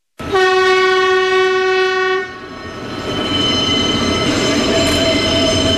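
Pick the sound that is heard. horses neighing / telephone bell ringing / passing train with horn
passing train with horn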